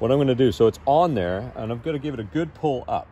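A replacement wiper blade is hooked into the J-hook loop of the windshield wiper arm on a 1990–2005 Miata and is about to be pulled up firmly so its plastic adapter clicks and locks. Someone talks throughout the clip. Nothing has seated or clicked yet.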